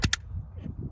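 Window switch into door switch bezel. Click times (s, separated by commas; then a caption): 0.0 s, 0.1 s. A new Motorcraft OEM power window switch for a 2000–2007 Ford F-250, F-350 or Excursion is slid into its plastic door-panel switch bezel with the tabs lined up. Two sharp snaps are heard at 0.0 s and 0.1 s, followed by low, quiet handling noise. The switch locks down solidly and is seated.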